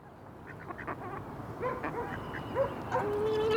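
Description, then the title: Goose calls, a series of short nasal honks and creaks over steady background traffic noise. Goose in a pond in Neerpede, Anderlecht, Belgium, crying and blowing; distant ring-road traffic; recorded on Sony PCM-D100 internal microphones, wide position. "Neerpede, 1070 Anderlecht, Belgique - Goose in the pond"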